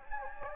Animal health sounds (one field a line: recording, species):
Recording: mosquito wingbeat signal from an infrared sensor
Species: Anopheles gambiae